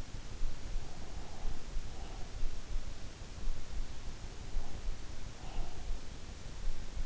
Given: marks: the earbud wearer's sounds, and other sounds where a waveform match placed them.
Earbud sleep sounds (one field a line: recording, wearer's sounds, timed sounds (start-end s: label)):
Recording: sounds in sleep by an in-ear microphone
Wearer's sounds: breath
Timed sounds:
0.70-2.39 s: breath
4.33-6.12 s: breath